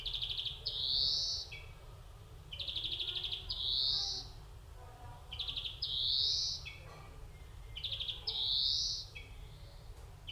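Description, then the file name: European greenfinch: a short rattling trill followed by a drawn-out rising buzzy wheeze, the phrase repeated about every two and a half seconds over low hum. "Chloris chloris"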